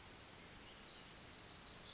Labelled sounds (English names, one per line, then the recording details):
Pacific Wren
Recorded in Sonoma County, California